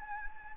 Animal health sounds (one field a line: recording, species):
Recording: mosquito wingbeat signal from an infrared sensor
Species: Anopheles gambiae